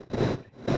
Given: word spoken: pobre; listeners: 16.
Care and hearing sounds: one Spanish word in noise, from a listening test; noise modulated by one talker; -10.5 dB; 3 of 16; 6 of 16; 0.38 s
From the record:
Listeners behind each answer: 6, 3, 1, 1, 1, 1, 1, 1, 1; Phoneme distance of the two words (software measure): 20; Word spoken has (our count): 2 syllables, 5 phonemes, stress on syllable 1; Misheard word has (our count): 2 syllables, 5 phonemes, stress on syllable 1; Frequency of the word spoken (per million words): 74.70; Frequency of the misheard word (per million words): 148.40

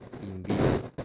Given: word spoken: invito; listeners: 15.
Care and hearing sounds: one Spanish word in noise, from a listening test; noise modulated by one talker; -9.7 dB; 2 of 15; 6 of 15; 0.65 s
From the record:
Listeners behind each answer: 6, 2, 2, 1, 1, 1, 1, 1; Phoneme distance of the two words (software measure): 34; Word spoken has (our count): 3 syllables, 6 phonemes, stress on syllable 2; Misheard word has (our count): 3 syllables, 8 phonemes, stress on syllable 2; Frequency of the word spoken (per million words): 2.87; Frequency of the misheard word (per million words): 41.06

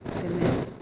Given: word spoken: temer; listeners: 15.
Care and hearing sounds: one Spanish word in noise, from a listening test; noise modulated by three-talker babble; -6.5 dB; 2 of 15; 10 of 15; 0.42 s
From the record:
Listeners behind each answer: 10, 2, 1, 1, 1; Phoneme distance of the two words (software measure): 10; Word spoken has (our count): 2 syllables, 5 phonemes, stress on syllable 2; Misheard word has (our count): 2 syllables, 5 phonemes, stress on syllable 2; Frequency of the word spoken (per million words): 8.56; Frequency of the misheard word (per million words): 380.37

